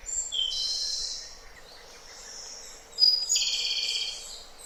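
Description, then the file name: European robin song: two high, sweet phrases of thin whistles and quick trills, separated by a quieter pause with faint high notes. "Зарянка -Голос"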